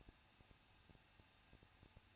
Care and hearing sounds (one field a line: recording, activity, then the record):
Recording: daily activity, microphone in the room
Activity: no activity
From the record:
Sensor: 2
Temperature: 21.0 degrees Celsius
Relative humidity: 37.3%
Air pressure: 1006.3 hPa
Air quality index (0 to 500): 221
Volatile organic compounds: 23 ppm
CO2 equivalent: 2789 ppm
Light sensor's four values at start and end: 2/3/2/2 and 2/3/2/2